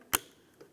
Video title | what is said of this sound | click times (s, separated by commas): How to Replace Third Brake Light 2002-2005 Ford Explorer | let's make our way over here we're going to reconnect this in as well listen for a click | 0.2 s